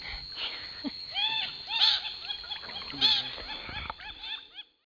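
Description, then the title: Bird calls: a busy series of short arched, harmonic chirps, some louder and some fainter, overlapping irregularly with several brief clicks and scrapes. "LuckyPassaro Completos2Sama"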